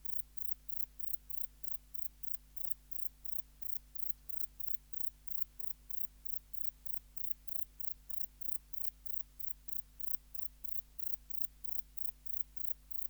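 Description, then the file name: Grey bush-cricket song: very high, short chirps repeated about three times a second in a steady run, over a constant low hum. "Platycleis albopunctata"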